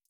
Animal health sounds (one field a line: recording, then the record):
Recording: hydrophone in a shrimp aquaculture tank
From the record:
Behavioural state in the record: feeding